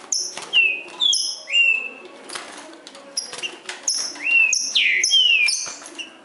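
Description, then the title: Green-winged saltator song, a run of whistled notes with rising and falling slurs, delivered in quick bursts. Bird named Nicão singing in the forest, in a song contest with a free-living wild saltator. "Trinca Ferro NICÃ O No Mato Disputando Com Solto"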